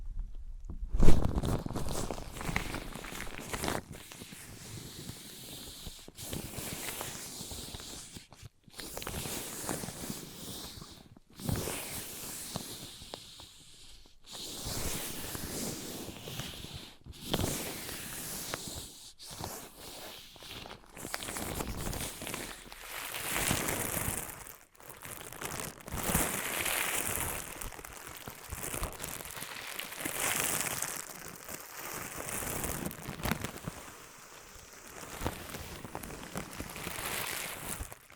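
Objects of wood, cork, sponge, foam, glass and plastic are handled and struck in a series of short bursts, separated by brief pauses, without steady rhythm.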